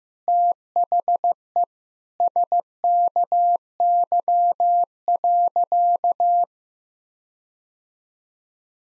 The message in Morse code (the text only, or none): THE SKY.